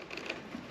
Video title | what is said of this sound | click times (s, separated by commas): Pilot Arc Plasma Cutter — Same Price as a Grinder INSANE! | Hear that? It'll push in about yo much, but you'll hear it click. | 0.3 s